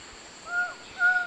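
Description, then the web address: Buckley's forest falcon giving two brief, clear notes about half a second apart. Juvenile calling; eastern lowlands of South America. "Natures Songs S America Eastern Lowlands. Micrastur buckleyi, calls juv"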